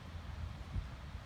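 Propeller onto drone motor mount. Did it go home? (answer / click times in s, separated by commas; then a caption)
no / none. A color-matched plastic propeller is being pushed and twisted onto its motor mount on a hexacopter, heard as a steady low rumble with a brief low thump near 0.8 s. Nothing has seated or clicked yet.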